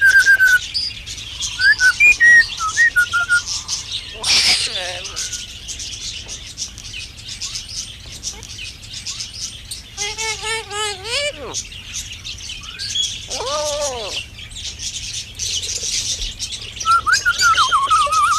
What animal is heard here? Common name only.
Black-capped Lory